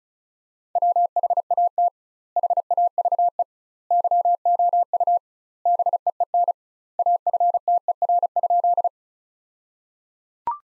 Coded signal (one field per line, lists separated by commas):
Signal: Morse code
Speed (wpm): 34 wpm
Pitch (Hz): 700 Hz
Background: none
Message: WHAT HAVE YOU BEEN AFTER?